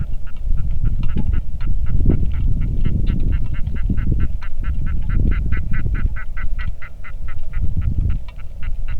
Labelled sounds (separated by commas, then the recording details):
waterfowl, wind, rain
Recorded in the Arctic National Wildlife Refuge, Alaska, on 3 August 2019 at 09:24
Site 46